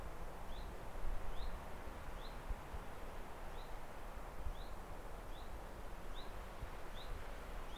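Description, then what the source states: Bird calls: short, high, upswept chirps repeated at short intervals over a steady low wind rumble. Recorded with wind.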